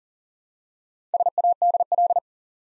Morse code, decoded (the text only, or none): SADL